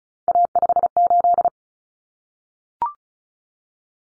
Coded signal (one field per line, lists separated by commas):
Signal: Morse code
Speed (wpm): 34 wpm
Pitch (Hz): 700 Hz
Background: none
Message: A58